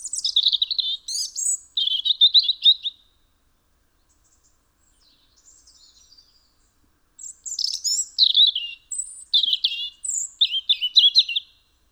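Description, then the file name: European robin song in two bursts of high twittering trills and thin whistles, separated by about four seconds of near silence with faint soft notes. "Erithacus rubecula"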